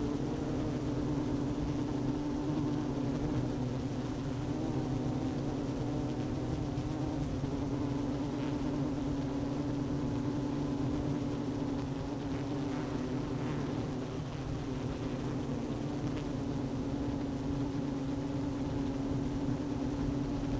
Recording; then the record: honeybee colony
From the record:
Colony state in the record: active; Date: 12 June 2018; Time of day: 11:38